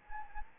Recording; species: mosquito wingbeat signal from an infrared sensor; Anopheles gambiae